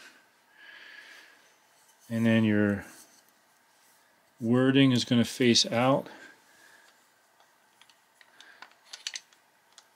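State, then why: Seated. Someone talks while setting a bow's bottom limb clamp into the limb pocket channel with its wording facing out, followed by a few light clicks and taps. The clamp is pressed until it pops into place with a sharp click at 9.1 s, seating it.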